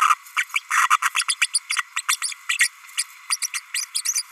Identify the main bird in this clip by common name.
Green-rumped Parrotlet